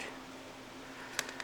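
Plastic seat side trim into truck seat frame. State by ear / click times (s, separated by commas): seated / 1.2 s, 1.4 s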